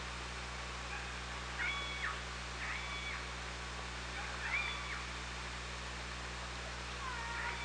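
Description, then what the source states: Killer whale calls, several faint short tonal cries with bending pitch at irregular intervals, against constant hiss and low hum. On an OrcaLab hydrophone, 24 August 2017 at 18:52.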